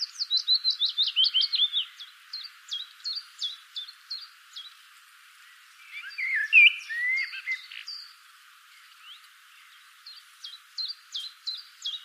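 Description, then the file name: Common blackbird calls: a fast run of sharp ticking notes, then scattered single clipped notes with a brief louder squealing burst midway. "Turdus merula"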